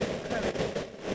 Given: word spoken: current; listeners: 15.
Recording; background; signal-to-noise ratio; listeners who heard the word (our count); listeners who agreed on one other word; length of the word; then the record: one English word in noise, from a listening test; noise modulated by three-talker babble; -8.0 dB; 0 of 15; 6 of 15; 0.75 s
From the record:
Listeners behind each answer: 6, 4, 1, 1, 1, 1, 1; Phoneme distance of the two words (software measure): 27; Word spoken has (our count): 2 syllables, 6 phonemes, stress on syllable 1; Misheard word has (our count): 2 syllables, 5 phonemes, stress on syllable 1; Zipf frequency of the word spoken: 4.81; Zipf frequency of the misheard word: 4.21